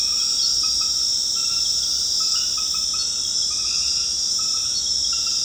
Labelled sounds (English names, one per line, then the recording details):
none
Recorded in secondary vegetation near Puerto Asís, Putumayo, Colombia, on 8 March 2025 at 22:30
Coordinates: 0.485, -76.322
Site G040